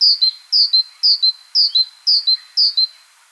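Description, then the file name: Great tit repeating a bright two-part note, a high sharp element dropping to a lower tail, six times at steady half-second intervals. "Parus major"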